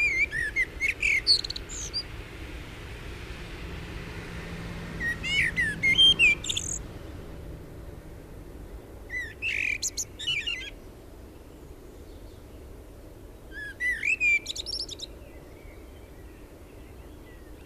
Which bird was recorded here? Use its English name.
Common Blackbird